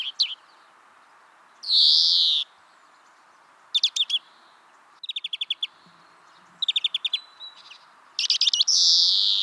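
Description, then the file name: European greenfinch giving drawn-out nasal wheezes between several rapid rattling twitter series. "Chloris chloris"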